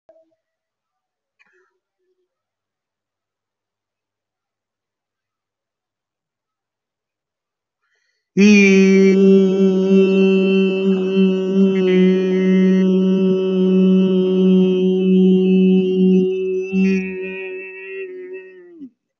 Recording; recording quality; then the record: sustained vowel as in beet; excellent, no background noise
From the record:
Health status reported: healthy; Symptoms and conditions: none ticked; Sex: male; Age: 24 years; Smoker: not ticked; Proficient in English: yes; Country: India